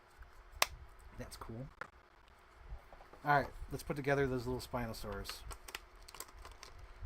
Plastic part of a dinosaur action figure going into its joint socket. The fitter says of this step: So, Oh, it didn't click in. It didn't click in. Mayday. Mayday.